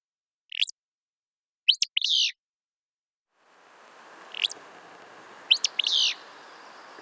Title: Willow Flycatcher